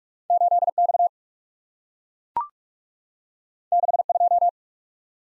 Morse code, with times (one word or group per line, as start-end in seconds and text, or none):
0.3-0.7 8
0.8-1.1 X
3.7-4.0 6
4.1-4.5 2